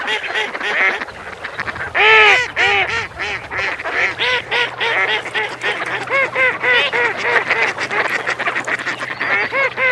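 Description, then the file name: Mallard quacking: many overlapping nasal quacks in quick irregular bursts, several birds calling together throughout. "GERMANO"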